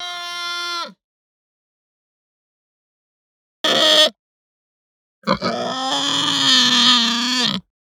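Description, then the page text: Hampshire pig moans: a tonal, strongly harmonic cry that drops at its end, a brief harsh burst, then a long rough moan that holds steady. Long grunt and moan that ramps up. "Hampshire Pig Grunt Moan Ramp Up Long. Quick Sounds"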